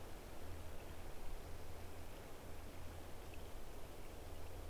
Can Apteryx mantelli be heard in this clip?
no